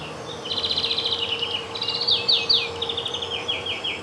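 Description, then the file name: European greenfinch delivering a continuous run of fast trilled chirps, shifting between slightly higher and lower series, with a faint low hum underneath. "Chloris chloris"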